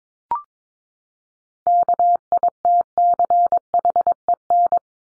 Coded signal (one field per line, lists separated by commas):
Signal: Morse code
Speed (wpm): 22 wpm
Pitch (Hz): 700 Hz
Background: none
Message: KITCHEN